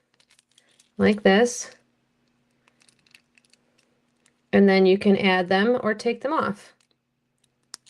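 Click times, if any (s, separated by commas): 7.7 s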